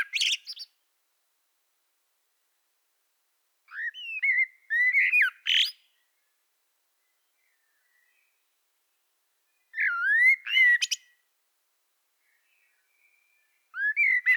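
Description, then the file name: Common blackbird singing mellow fluted phrases, each closing with thin high chirps, repeated about every four to six seconds with silent pauses between. "Turdus merula"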